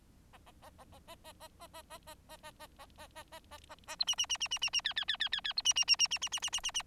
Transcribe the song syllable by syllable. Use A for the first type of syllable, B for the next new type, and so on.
A A A A A A A A A A A A A A A A A A A A A A B C C C C C C C D D D D D D B C C C C C C C C C C C